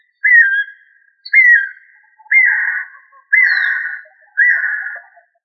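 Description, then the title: Bird song: five clear whistled notes, each a short downslurred whistle held briefly, spaced about a second apart, with faint lower warbling after the later notes. "LuckyPassaro Completos2Sama"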